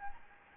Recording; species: mosquito wingbeat signal from an infrared sensor; Anopheles gambiae